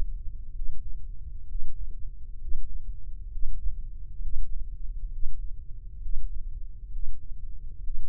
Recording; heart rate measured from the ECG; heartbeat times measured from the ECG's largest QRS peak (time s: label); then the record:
heart sounds by microphone in the left ear; 66 bpm
0.52 s: heartbeat
1.45 s: heartbeat
2.37 s: heartbeat
3.29 s: heartbeat
4.19 s: heartbeat
5.09 s: heartbeat
5.99 s: heartbeat
6.89 s: heartbeat
7.80 s: heartbeat
From the record:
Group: healthy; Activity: breath hold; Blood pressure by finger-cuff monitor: 99/76 mmHg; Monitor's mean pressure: 83 mmHg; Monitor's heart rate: 66 bpm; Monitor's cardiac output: 4.6 L/min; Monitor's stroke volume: 70 mL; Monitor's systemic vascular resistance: 1330 dyn s/cm5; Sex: male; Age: 20 years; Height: 187 cm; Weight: 68.9 kg